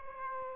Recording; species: mosquito wingbeat signal from an infrared sensor; Aedes aegypti